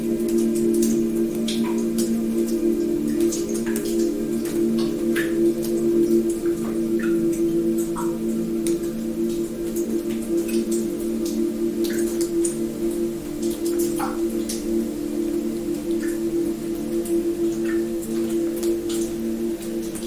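Water drops fall in a steady, irregular patter, each a short bright tick, some with a brief falling ring. Beneath them runs a constant low, resonant hum with a few sustained tones, like a ringing bowl, unchanging for the whole stretch.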